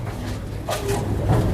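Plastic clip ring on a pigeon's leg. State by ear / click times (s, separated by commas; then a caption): not seated / none. A plastic clip leg band on a pigeon's leg is handled as it is being closed again for a second time. Only low, steady handling noise is heard, and nothing has snapped shut or seated yet.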